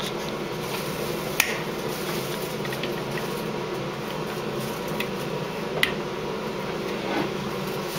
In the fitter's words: They should snap into place.